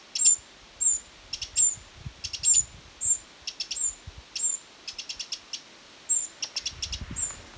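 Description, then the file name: Eurasian wren rapid tick calls in clusters of a few, alternating with sharp high thin whistles; faint low thumps near the end. "Troglodytes troglodytes"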